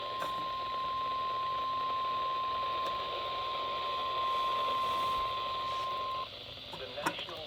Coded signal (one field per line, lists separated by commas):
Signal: Emergency Alert System (SAME) tones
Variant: 1050 Hz attention tone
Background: speech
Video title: Severe thunderstorm warning on KZZ28 EAS# 121 7/6/20